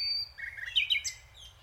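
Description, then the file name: Common nightingale song phrase, a short sequence of clear whistled and warbled notes over a quiet low background hum. "Luscinia megarhynchos"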